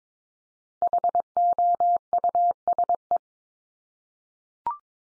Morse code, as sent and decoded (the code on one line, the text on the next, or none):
.... --- ..- ... .
HOUSE